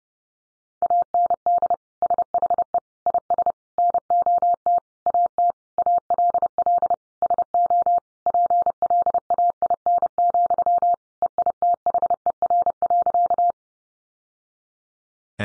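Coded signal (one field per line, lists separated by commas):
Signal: Morse code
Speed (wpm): 30 wpm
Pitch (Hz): 700 Hz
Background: none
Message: AND SHE IS NOT AT ALL SO PLAIN, EITHER.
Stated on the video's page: Head-copy drill of sentences built from the top 600 words in Morse at 30 wpm, each sent, spoken, then sent again.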